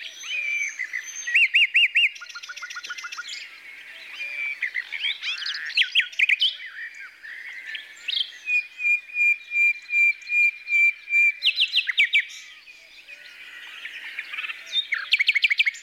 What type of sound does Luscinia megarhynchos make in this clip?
song